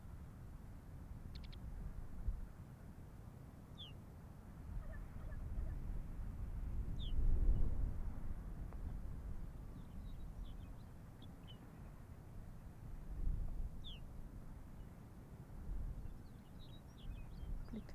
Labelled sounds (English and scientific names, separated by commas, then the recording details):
Arctic Fox (Vulpes lagopus)
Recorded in the wild
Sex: female
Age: adult
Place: Insel Mednyi, Kommandeur-Inseln, RU
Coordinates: 54.5167, 168.083
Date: 1999-07-25 18:21
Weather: 10°C, leicht bewölkt, schwacher Südwestwind
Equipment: Sony WM-D6C, Sennheiser ME 80, K 30 AV, Windkorb, Kopie Tascam DA 30
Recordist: Jakupi, Antje
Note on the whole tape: Südosten der Insel, weisse Stange: Bellstrophen von Fähe weiss/weiss 31. Blickt dabei ins Hüttental. Entfernung 10 m. Zum Teil übersteuert!!! Im Anschluß an letzte Bellstrophe steht das Tier auf, wälzt sich, markiert und läuft im Galopp Richtung Sattel